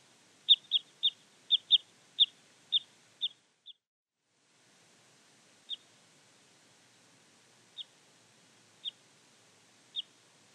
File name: Jelmer Poelstra - Klyost-sosnovik Loxia pytyopsittacus (Zvyki com)